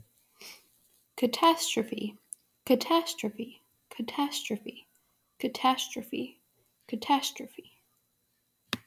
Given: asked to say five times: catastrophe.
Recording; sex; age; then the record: repeated word; female; 20 to 29 years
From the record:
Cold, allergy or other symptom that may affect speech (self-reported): no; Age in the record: 24 years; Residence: Kentucky, United States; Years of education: 15